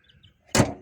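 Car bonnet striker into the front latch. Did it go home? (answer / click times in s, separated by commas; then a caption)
yes / 0.5 s. A Toyota Aygo's steel bonnet is dropped closed from about 20 cm so its striker locks into the front latch. After near silence, a sharp broadband metallic thud with a click lands at 0.5 s, followed by a brief fading ring. The latch catches and the bonnet is seated with a positive click.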